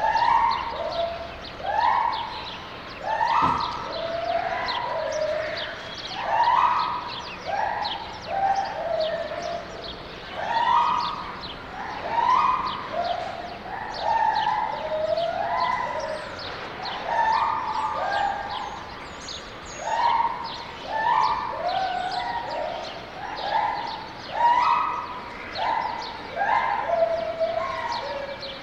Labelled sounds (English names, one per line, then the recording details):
Lar Gibbon
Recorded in captivity
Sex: pair
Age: adult
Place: Zoo Berlin, Berlin, DE
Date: 1989-02-22
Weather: sonnig, 2-7°C
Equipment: Sony WM-D6C, Sony ECM-939 LT, Kopie Tesla B 116
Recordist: Tembrock, Günter